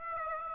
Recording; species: mosquito wingbeat signal from an infrared sensor; Aedes aegypti